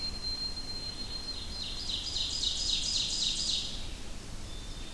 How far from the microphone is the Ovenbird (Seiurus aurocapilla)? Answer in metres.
about 35 m